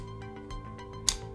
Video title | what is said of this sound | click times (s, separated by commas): Fast, Easy Setup of the Zebra SP20 Single-Plane Scanner | This click confirms the scanner is securely attached. | 1.1 s